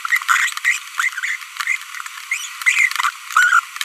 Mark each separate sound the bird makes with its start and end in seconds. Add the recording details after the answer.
0.10-0.18, 0.28-0.53, 0.65-0.78, 0.98-1.08, 1.18-1.35, 2.66-2.87, 3.37-3.59. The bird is a female. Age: 23 days. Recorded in a nest box in Venezuela. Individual 17B42B2